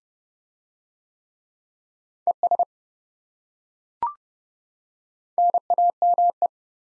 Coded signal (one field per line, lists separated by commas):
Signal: Morse code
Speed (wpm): 26 wpm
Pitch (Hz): 700 Hz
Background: none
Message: ES NAME